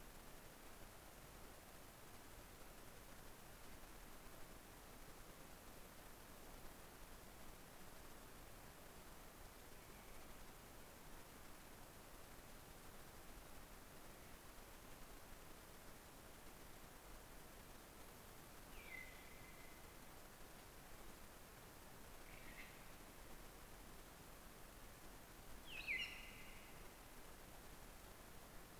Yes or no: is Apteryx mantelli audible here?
no